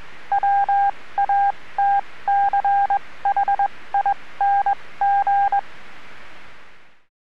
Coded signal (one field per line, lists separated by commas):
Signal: Morse code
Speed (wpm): 21 wpm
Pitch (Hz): 800 Hz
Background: none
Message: WATCHING